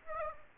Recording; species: mosquito wingbeat signal from an infrared sensor; Aedes aegypti